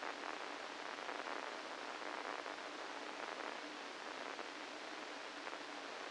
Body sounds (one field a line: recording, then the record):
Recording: brain microelectrode recording played as sound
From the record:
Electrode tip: inside the subthalamic nucleus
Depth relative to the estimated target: -3 mm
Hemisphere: right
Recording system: NeuroSet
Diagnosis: Parkinson's disease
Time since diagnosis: 8 years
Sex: male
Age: 65 years